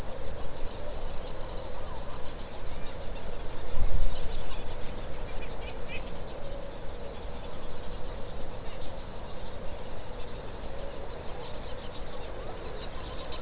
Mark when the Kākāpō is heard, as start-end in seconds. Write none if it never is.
none